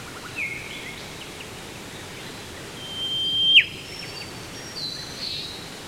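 Whipbird whip call: a sustained high whistle held for about half a second, then snapping into one sharp, loud whip-crack, with faint chirps from other birds behind.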